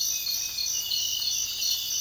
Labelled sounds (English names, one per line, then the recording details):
none
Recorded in secondary vegetation near Puerto Asís, Putumayo, Colombia, on 19 February 2024 at 05:30
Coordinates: 0.481, -76.323
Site G6376